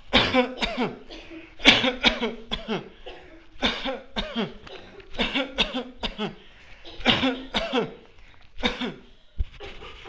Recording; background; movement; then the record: voluntary coughing; a bystander coughing; walking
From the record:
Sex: male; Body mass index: 20.6 kg/m2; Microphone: on the chest, facing the body